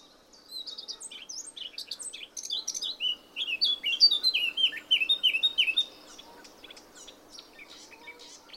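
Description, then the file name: Eurasian blackcap song: a quick scratchy warble building into a run of loud, clear fluty notes, then ending abruptly. "Sylvia atricapilla"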